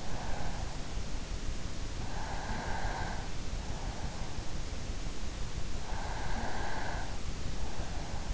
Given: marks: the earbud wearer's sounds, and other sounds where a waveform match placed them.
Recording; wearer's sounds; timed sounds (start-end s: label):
sounds in sleep by an in-ear microphone; breath
2.08-3.68 s: breath
5.68-7.51 s: breath